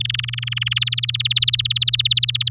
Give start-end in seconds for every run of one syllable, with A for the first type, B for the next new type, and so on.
0.00-0.79 A, 0.81-2.49 B